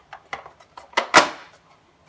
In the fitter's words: you might hear a snap on and then you'll notice in the back here there will be a metal lip